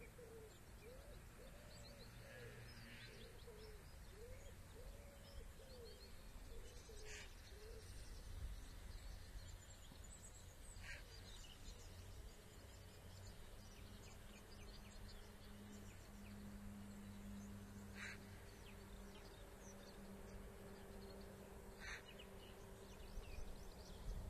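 Outdoors by the Elbe, a steady low rumble and hiss run throughout while birds chirp and call, with a quick run of rising-falling notes in the first seven seconds. Short bright clicks or snaps land around 7, 11, 18 and 22 seconds, and a faint drone hums in the middle.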